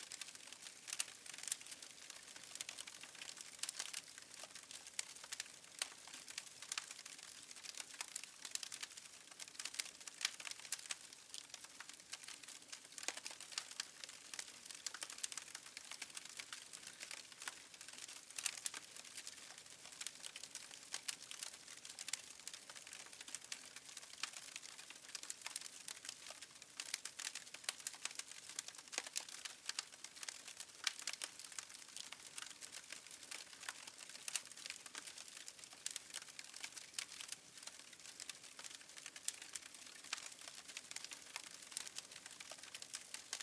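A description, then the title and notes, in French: A campfire crackles steadily and close, with dense, bright snaps and pops scattered through the whole clip over a faint low hush. Chaleur du Feu de Camp: La Convivialité au Crépuscule. Plongez dans l'ambiance chaleureuse et accueillante d'un feu de camp, où les flammes dansent doucement et crépitent.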